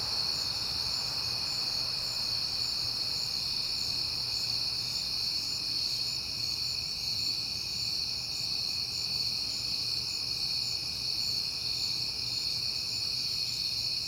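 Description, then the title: Unbroken chorus of crickets trilling at high pitch, with a soft low rumble in the background. Recorded at night in September on a peaceful night; crickets heard often that month. "Night Time: Crickets and Passing Cars"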